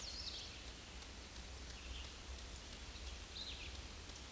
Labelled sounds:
Scarlet Tanager song

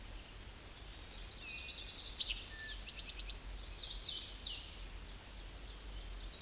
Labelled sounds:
Hooded Warbler song

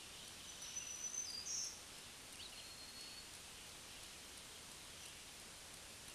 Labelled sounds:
Black-throated Green Warbler song

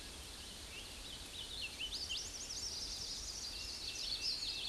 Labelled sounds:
Hooded Warbler song

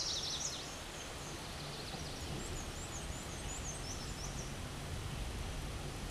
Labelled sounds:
Black-and-white Warbler song

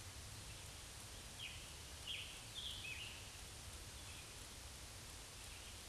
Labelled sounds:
Scarlet Tanager song

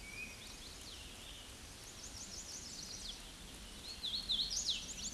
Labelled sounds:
Hooded Warbler song

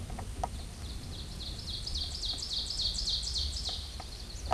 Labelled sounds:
Ovenbird song

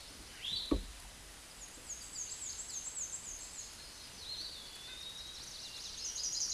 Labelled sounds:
Black-and-white Warbler song

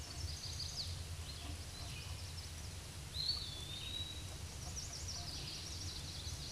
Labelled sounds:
Eastern Wood-Pewee song

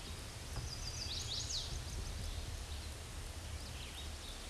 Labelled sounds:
Chestnut-sided Warbler song

